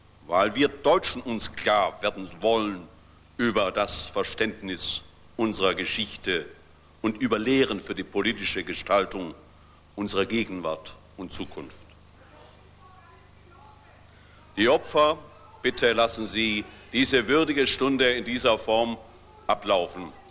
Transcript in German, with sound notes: weil wir Deutsche uns klarwerden wollen über das Verständnis unserer Geschichte und über Lehren für die politische Gestaltung unserer Gegenwart und Zukunft. – (Zuruf) Bitte lassen Sie diese würdige Stunde in der vorgesehenen Form ablaufen!